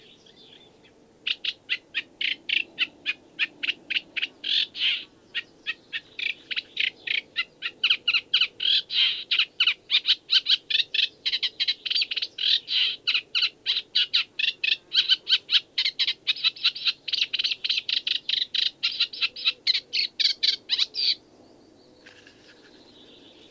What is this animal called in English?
Eurasian Reed Warbler